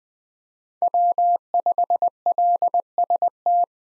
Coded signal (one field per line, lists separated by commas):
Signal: Morse code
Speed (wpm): 20 wpm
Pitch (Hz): 700 Hz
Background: none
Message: W5LST